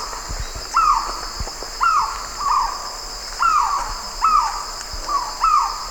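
White-rumped kingfisher calling, a loud descending harsh note repeated several times, with a steady high drone throughout.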